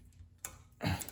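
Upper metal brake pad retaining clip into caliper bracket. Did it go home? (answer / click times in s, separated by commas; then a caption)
no / none. An upper metal brake pad retaining clip is being pressed by hand into a caliper bracket. A sharp metallic tick comes at 0.4 s, then a louder broadband scrape from about 0.8 s, with another small tick at 1.1 s. Nothing has clicked into place yet; the clip is still being handled.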